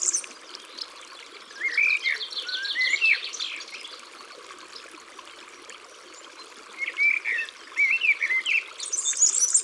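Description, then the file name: European serin song: jingling, very high bursts of rapid buzzy notes at the start, middle and end, with slurred lower whistles between them. Singing in the countryside. "Serin cini Chants doiseaux dans la campagne"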